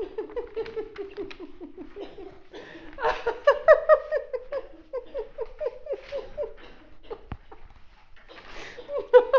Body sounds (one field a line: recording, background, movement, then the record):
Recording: laughter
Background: a bystander coughing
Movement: walking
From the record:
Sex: female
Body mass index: 21.8 kg/m2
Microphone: on the chest, facing outward